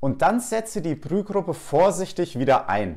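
Someone talks while the removable plastic brewing group of a Philips automatic espresso machine, freshly greased and with its small yellow arrow set to "unlocked," is about to be carefully pushed back into the machine housing. Only speech is heard; the part has not seated or clicked yet. It gives no click when it locks, so its seat is checked by gently pulling on it rather than by ear.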